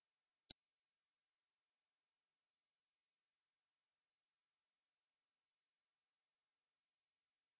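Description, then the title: Black-masked finch giving very high, thin buzzy chirps, short stuttered phrases repeated about every one and a half seconds, five phrases plus a faint tick, silent background. "LuckyPassaro Completos2Sama. Black-masked Finch (Coryphaspiza melanotis)"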